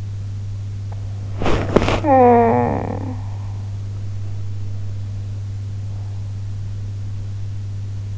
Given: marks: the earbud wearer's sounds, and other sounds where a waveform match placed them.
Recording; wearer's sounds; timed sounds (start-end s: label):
sounds in sleep by an in-ear microphone; body movement, talking in sleep
1.21-2.01 s: body movement
2.01-3.50 s: talking in sleep